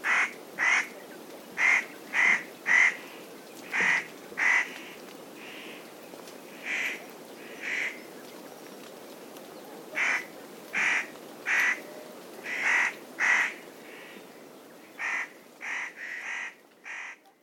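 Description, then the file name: Spotted Nutcracker giving many harsh, rasping single calls in irregular runs, with pauses between. Recorded at Kamikawa, 23 July 2006. "hoshigarasu kamikawa hanada"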